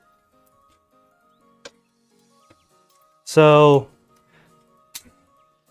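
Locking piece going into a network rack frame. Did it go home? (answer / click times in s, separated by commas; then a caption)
yes / 5.0 s. A locking piece is pushed hard into a network rack frame until it locks in place. Faint ticks and a brief spoken word come before a sharp snap at 4.9 s (about 5.0 s) as the piece seats, and someone talks. The piece is locked in place.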